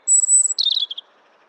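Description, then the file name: European robin song phrase: a thin, very high sustained whistle, then a quick tumbling trill dropping lower, all within about one second on a quiet background. "Erithacus rubecula"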